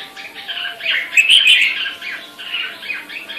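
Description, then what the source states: Grey-cheeked bulbul chattering in rough, grating bursts that swell in the middle, with faint high squeaks. Female bird.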